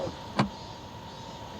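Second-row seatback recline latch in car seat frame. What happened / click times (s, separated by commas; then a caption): The seat recline latch locked into its first position / 0.4 s. The second-row seatback recline latch in the seat frame of a 2025 Kia EV3 is operated by pulling the recline lever and tilting the seatback. A short, sharp click at 0.4 s rises above a steady low background hum. The recline mechanism locks into its first angle.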